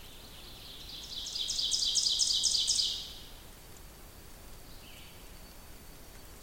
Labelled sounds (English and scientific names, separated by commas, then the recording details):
Ovenbird (Seiurus aurocapilla) song
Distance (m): 30 m
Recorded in boreal forest in Alberta, Canada, on 2 June 2016 at 08:18
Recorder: SongMeter 3, array SBT-3-7
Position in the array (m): 23 m, 135 m
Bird 4